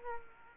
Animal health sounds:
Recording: mosquito wingbeat signal from an infrared sensor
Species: Culex quinquefasciatus

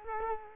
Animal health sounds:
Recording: mosquito wingbeat signal from an infrared sensor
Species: Culex quinquefasciatus

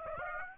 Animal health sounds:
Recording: mosquito wingbeat signal from an infrared sensor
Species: Aedes aegypti

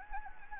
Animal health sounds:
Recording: mosquito wingbeat signal from an infrared sensor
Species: Anopheles gambiae

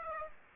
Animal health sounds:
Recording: mosquito wingbeat signal from an infrared sensor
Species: Aedes aegypti

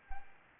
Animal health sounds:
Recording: mosquito wingbeat signal from an infrared sensor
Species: Anopheles gambiae

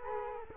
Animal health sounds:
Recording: mosquito wingbeat signal from an infrared sensor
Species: Culex quinquefasciatus

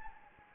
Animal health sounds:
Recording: mosquito wingbeat signal from an infrared sensor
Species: Anopheles gambiae

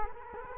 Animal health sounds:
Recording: mosquito wingbeat signal from an infrared sensor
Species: Culex quinquefasciatus

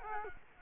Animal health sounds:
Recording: mosquito wingbeat signal from an infrared sensor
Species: Culex quinquefasciatus

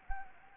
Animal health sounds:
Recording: mosquito wingbeat signal from an infrared sensor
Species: Anopheles gambiae

